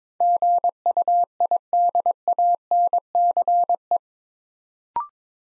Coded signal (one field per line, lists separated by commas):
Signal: Morse code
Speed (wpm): 22 wpm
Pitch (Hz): 700 Hz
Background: none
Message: GUIDANCE